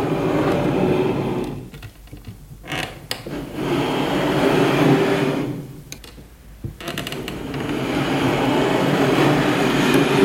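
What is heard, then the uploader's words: A chair scraping across a floor makes a rough, grinding drag that fills most of the clip, low. The dragging breaks off twice, around two and six seconds, each lull ending in a sharp knock before the scraping resumes. Chair, stool and floors - Instant Sound Art. Wooden chair on wooden floor, stool on tiled floor.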